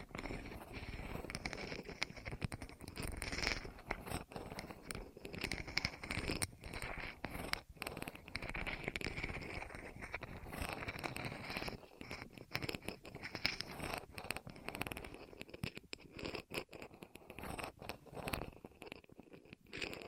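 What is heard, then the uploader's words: Close ASMR rolling against the ears fills the whole stretch: dense, continuous scraping and rustling with frequent quick crackles and brief dips. ASMR Rolling On Your Ears (No Talking).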